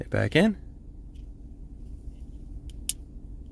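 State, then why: Seated. After the CR2032 coin cell is swapped, the plastic battery holder of a 2021 Audi Q5 Advanced key fob is flipped upside down and slid back into the fob's plastic housing. Someone talks briefly at the start, followed by quiet, a faint tick at 2.7 s, and then a sharp plastic click at 2.9 s as the holder snaps into place.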